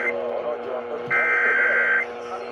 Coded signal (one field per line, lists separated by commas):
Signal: Emergency Alert System (SAME) tones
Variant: header bursts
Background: speech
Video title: [EAS #1563-#1584] A Night of Required Monthly Tests